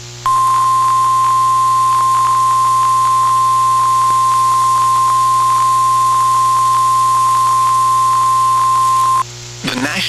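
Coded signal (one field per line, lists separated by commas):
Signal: Emergency Alert System (SAME) tones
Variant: 1050 Hz attention tone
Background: speech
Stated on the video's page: Alerts recorded via SDR and car radio, mostly from NOAA Weather Radio station WXJ41; recording glitched.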